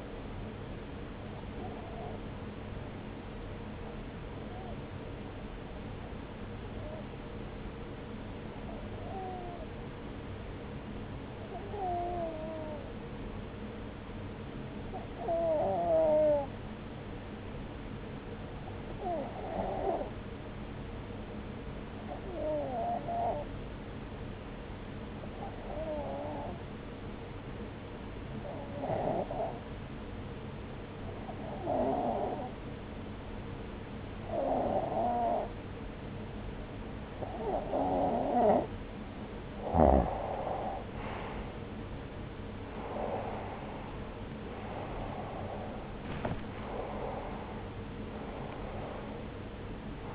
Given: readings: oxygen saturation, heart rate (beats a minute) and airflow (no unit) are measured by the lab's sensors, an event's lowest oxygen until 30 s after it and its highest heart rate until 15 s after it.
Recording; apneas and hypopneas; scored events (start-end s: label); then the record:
breathing in sleep by a voice recorder at the bedside; 1
2.00-50.15 s: new sleep stage, REM sleep
3.00-41.00 s: hypopnea (REM, oxygen 95% highest, then 90% lowest)
From the record:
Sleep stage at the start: N1 (lightest sleep); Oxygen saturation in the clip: 91 to 95%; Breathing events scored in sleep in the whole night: 303 in 8.1 hours asleep